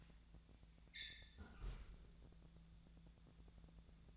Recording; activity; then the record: daily activity, microphone in the room; close fridge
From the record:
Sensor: 3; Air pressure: 1000.0 hPa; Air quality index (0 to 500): 132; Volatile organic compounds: 2 ppm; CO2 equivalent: 1180 ppm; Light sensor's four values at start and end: 42/106/45/49 and 42/106/45/49